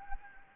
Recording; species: mosquito wingbeat signal from an infrared sensor; Anopheles gambiae